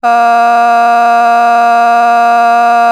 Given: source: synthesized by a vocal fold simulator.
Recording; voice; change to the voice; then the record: sustained vowel; female; a random mix of aspiration noise, stiffness perturbation and strain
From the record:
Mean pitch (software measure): 235 Hz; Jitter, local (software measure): 0.64%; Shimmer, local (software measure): 3.6%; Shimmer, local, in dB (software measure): 0.31 dB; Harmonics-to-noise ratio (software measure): 23.0 dB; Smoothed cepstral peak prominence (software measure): 19.6 dB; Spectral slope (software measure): -17.9 dB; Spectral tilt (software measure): -8.0 dB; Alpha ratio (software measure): -8.4 dB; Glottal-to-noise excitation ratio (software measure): 0.981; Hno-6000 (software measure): 1.9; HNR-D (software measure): 42.2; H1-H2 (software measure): -1.7 dB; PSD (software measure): 3.5e-05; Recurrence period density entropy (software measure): 0.116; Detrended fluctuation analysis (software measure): 0.0106